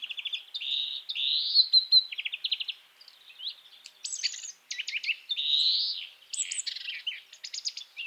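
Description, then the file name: European greenfinch song mixing quick dry trills, sharp chirps and several long wheezy buzzes that swell and fade. "Chloris chloris"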